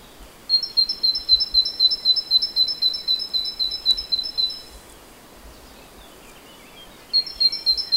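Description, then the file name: Great tit calling in a fast run of high two-part notes, about four per second, for four seconds, then a pause before the series starts again. "Parus major"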